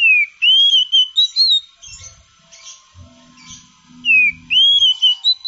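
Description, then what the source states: Oriental magpie-robin delivering bright whistled phrases, each a falling note sliding up into a warbling high trill, twice, with faint low knocks between. Champion singing bird.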